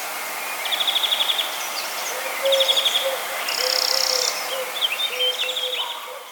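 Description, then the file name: European greenfinch giving short trilled calls, rapid ticking runs of notes with a brief buzzy higher note between them, over steady background hiss. "Chloris chloris"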